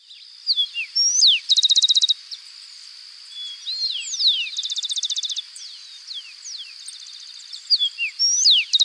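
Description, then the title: Bird calls: quick slurred whistles sweeping up and down, broken by bursts of fast buzzy trills, over a steady high insect-like hum. "LuckyPassaro Completos2Sama"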